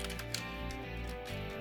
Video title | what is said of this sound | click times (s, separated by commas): Transformers: WFC Siege - Ultra Magnus | spine part will click into there and | 0.3 s